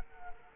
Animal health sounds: mosquito wingbeat signal from an infrared sensor; Culex quinquefasciatus

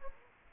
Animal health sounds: mosquito wingbeat signal from an infrared sensor; Aedes aegypti

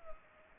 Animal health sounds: mosquito wingbeat signal from an infrared sensor; Culex pipiens

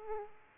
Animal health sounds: mosquito wingbeat signal from an infrared sensor; Aedes aegypti

